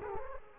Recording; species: mosquito wingbeat signal from an infrared sensor; Culex quinquefasciatus